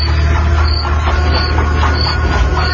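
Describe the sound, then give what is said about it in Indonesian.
A horse-drawn carriage drives away, rolling along with a steady rumble of wheels and a regular, rhythmic clatter, loud and continuous throughout, with no voices. “Kereta kuda itu sudah jauh.”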